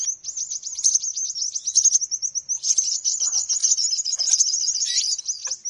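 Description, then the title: Birds twittering nonstop, a high, rapid stream of trilled chirps that grows denser and more jumbled toward the end. Noisy bird lure sound; many birds are said to gather as soon as it starts. "Baru Diputar Dah Banyak Merapat! Suara Pikat Burung Ribut"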